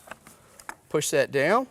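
On an Early Riser 2000 Series planter row unit with Advanced Seed Delivery, the plastic speed tube's bottom end is hooked into the shank during reinstallation. A few faint ticks come first, then a sharp pop at 0.7 s as the hook seats into place. Someone then talks.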